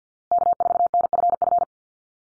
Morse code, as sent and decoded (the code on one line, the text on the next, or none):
-.- ....- -. ..-. ..-.
K4NFF